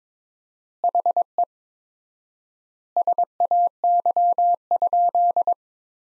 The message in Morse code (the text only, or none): HE SAY?